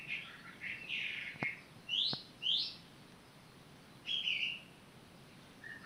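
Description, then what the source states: Bird song: short, high chirpy phrases with quick rising notes, separated by pauses, plus two sharp clicks early on. Recorded on 18 April 2022.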